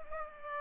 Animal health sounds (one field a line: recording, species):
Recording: mosquito wingbeat signal from an infrared sensor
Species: Culex pipiens